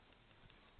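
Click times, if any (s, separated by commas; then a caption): 0.1 s, 0.3 s, 0.5 s. A crimped metal terminal with locking flags is slid into the plastic housing of a JEGS weatherproof connector. Short clicks sound at 0.1, 0.3 and 0.5 seconds over a steady background hiss. The terminal seats tight in the housing.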